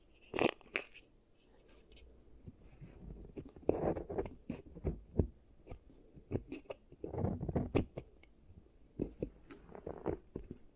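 Crunching and crackling noises from an ASMR teeth treatment come in irregular bursts, with sharp clicks and snaps scattered throughout. Denser crushing clusters appear around four and seven seconds, between quieter stretches of faint rustling and low handling sounds.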